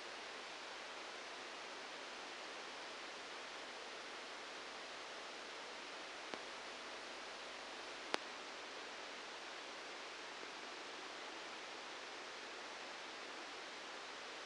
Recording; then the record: brain microelectrode recording played as sound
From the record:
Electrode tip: outside the subthalamic nucleus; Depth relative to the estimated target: -2 mm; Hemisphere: right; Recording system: NeuroSet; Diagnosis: Parkinson's disease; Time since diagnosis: 9 years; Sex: male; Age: 56 years